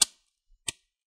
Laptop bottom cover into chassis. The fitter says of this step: make sure you hear those clicks really nice on the back end